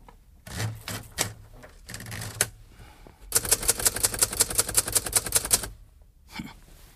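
typing on a typewriter

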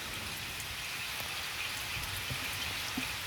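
heavy pouring rain

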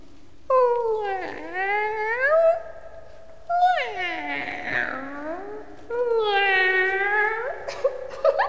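cat meowing and yowling

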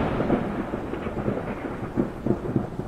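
thunder

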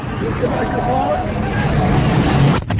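street traffic

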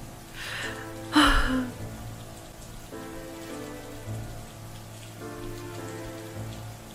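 heavy rain falling

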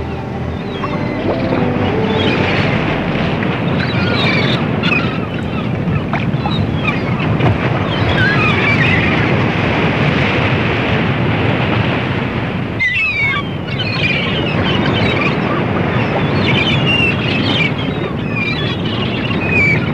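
large ocean waves crashing

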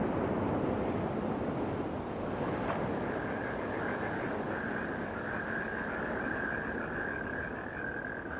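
sea waves and surf

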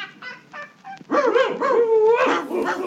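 hunting dogs barking

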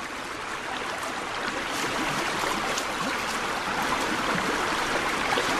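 flowing river water

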